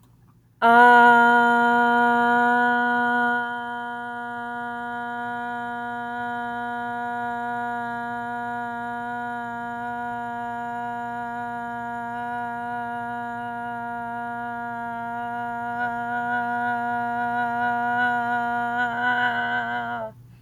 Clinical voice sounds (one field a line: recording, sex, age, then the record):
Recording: vowel held as long as possible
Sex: female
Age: 40 to 49 years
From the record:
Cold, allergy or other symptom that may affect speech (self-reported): no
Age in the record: 41 years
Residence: New Hampshire, United States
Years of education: 14